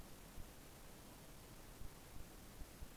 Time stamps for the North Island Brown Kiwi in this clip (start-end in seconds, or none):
none